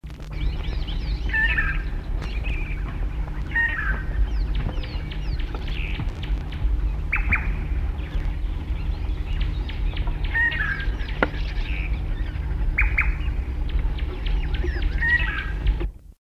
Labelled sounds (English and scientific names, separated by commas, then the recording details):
Fork-tailed Drongo (Dicrurus adsimilis) call
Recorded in the wild
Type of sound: call
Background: Dryoscopus spec
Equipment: Halbspur, 9,5 cm/s
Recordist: Lütgens, Hans
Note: Mit Schneeballwürger, Rufe